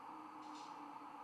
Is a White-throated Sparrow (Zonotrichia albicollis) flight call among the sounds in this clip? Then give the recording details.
no. No flight call is heard. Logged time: 04:57 on 1 December 2014